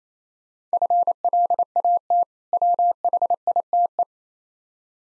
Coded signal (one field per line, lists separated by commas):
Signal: Morse code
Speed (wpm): 27 wpm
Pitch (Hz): 700 Hz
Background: none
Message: FLAT WHITE